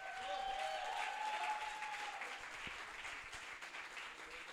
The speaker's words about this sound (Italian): Un bel applauso per l'ultima che si sta per esibire qui, dopodiché vi interrogherò.